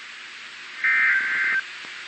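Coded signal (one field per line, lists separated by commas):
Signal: Emergency Alert System (SAME) tones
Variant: end-of-message bursts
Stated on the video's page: Weather alerts issued by the NWS office in Gray, Maine, captured as EAS broadcasts.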